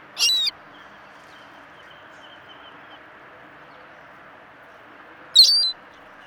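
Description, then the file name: Ring-billed gull giving two brief, harsh calls separated by about five seconds of quiet background hiss. "Ring-billed Gull - Larus delawarensis"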